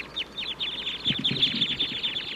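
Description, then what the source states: Red Crossbills chittering as a flock: many high, clipped notes overlapping in a rapid continuous stream. Wild flock calling in the treetops.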